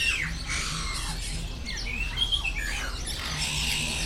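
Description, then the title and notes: Birds chirp and whistle softly in a crowded chorus, short bright notes over steady hiss and low hum. Many birds singing at the Bird Garden, Mongkok, Hong Kong, 15 February 2008; recorded on AKG condenser microphones in XY stereo. "香港 旺角 雀鳥花園 雀鳥唱歌 (內附有人類語言中的粗囗) Bird Singing in the Bird Garden, Mongkok, Hong Kong Date: 15 February 2008"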